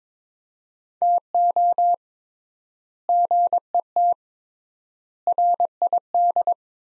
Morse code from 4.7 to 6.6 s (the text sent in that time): RID